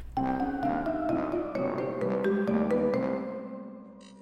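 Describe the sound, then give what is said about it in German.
An older printer slowly prints a few photos, its motor whining in shifting tones, punctuated by regular clicks, then easing off toward the end with no voices. “Gott, dieser Drucker braucht ja ewig für die paar Fotos.”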